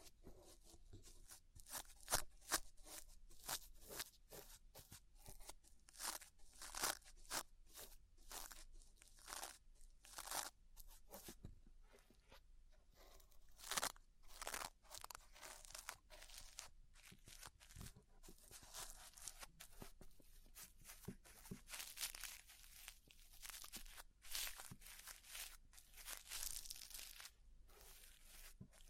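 Crackly ear-cleaning sounds: dense bursts of bright crunching, scratching and crinkling clicks repeat irregularly throughout.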